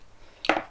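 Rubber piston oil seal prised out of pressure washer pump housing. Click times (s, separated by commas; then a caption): 0.5 s. A rubber piston oil seal is prised gently but firmly with a screwdriver out of the aluminium pump housing of a Kranzle pressure washer. After a quiet start, a sharp click at 0.4 s is followed by a louder one at 0.5 s, with a brief ringing tail. The seal breaks free and pops out of the housing.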